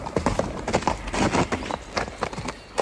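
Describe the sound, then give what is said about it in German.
Horse hooves clip-clop in a quick, uneven rhythm of sharp, knocking hits, fairly loud and busy, as a rider on horseback moves past at speed. No one speaks. “Greif den Gaul in die Zügel!”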